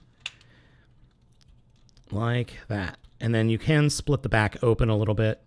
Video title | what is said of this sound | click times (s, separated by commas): VIDEO REVIEW: Open and Play BIG SPRING | accordion it down on those hinges and they will snap into place like | 0.3 s